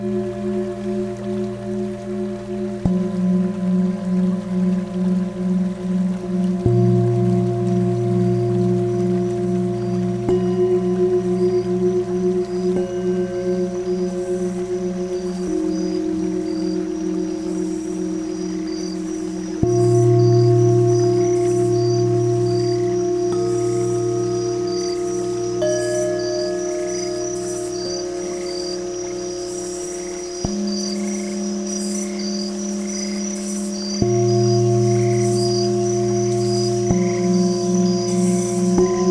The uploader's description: a base bowl of approximately 234 hertz with nature sounds